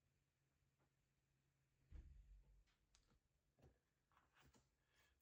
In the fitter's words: until it clicks. Doesn't.